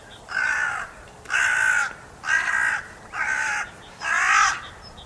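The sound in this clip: Carrion crow cawing, five harsh rasping caws roughly evenly spaced, each about half a second long, over faint background hiss.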